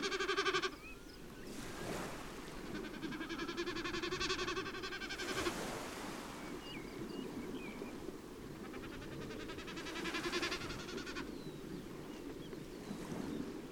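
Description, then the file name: Snipe drumming: rapid pulsed, bleating bursts heard several times, with thin whistled notes of other birds and a low background rumble. "becassines"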